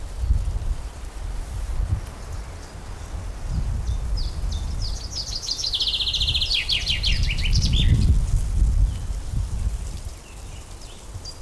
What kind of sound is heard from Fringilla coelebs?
song